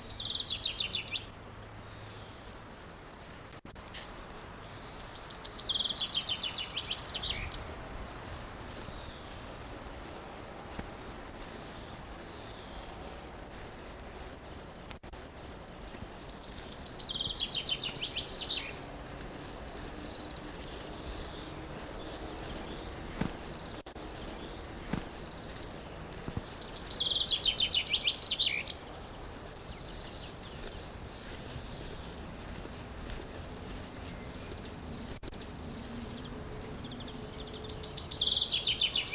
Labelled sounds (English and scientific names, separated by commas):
Common Chaffinch (Fringilla coelebs)